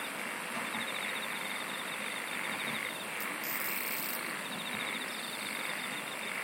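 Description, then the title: Insect song as an unbroken shrill background, with two bursts of fast mid-high pulsing and a brief very high squeaky burst in the middle. "SINGING OF INSECTS"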